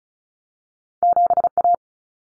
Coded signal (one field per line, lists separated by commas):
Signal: Morse code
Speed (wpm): 34 wpm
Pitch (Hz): 700 Hz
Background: none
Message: 7A